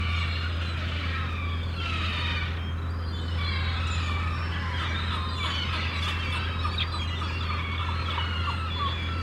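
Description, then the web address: Gulls calling, drawn-out mewing cries and clustered squeals from many birds, with a low steady drone. Gulls at a harbour, described as crazy. "The Sound Pack Tree - Sonic Seaside - Crazy Harbor Seagulls"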